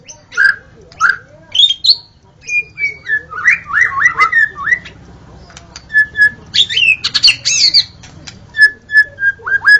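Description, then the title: White-rumped shama delivering separated whistled notes, then tumbling warbles and harsh chatter, ending with repeated downslurred whistles over a low background hum. Wild song from forest. "Kicau Asli Murai Batu Hutan"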